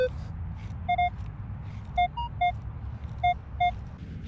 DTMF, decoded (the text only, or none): none